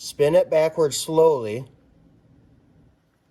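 A motorcycle's metal oil drain plug is being turned backwards slowly by hand against the threaded drain hole of a CFMoto 300NK/300SS engine oil pan during its first service oil change, while someone talks. The plug has not clicked into alignment or seated yet.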